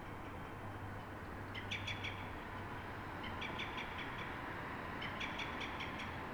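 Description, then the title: Common blackbird alarm call: three bursts of rapid clicking notes, with a low droning hum in the first half. At dawn in Fuenlabrada, Madrid, Spain; alarm given when frightened or threatened; Zoom H1n recorder. "Pl. de Francisco Escolar, 10, 28944 Fuenlabrada, Madrid, España - Mirlo asustado"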